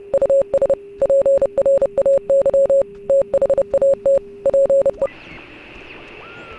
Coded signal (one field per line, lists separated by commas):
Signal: Morse code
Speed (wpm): 30 wpm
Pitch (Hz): 550 Hz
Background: none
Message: US PRAY THAT PE